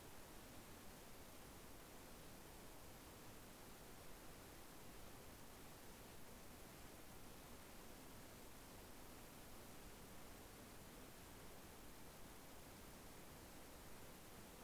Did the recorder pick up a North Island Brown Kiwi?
no